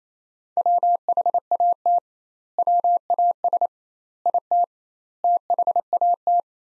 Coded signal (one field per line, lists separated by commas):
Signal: Morse code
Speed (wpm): 28 wpm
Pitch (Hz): 700 Hz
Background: none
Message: WHAT WAS IT THAT